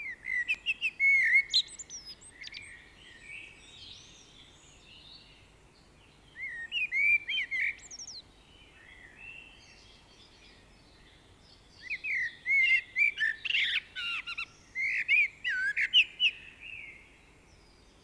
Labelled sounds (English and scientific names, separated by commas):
Common Blackbird (Turdus merula) song